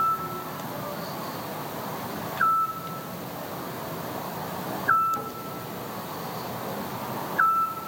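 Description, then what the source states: Eurasian Scops Owl call: a single pure, steady whistled note, repeated about every two and a half seconds, over a constant background hiss. Vagrant heard for days calling from trees on a lawn; first taken for an alarm signal or submarine detector; crowds of birdwatchers came.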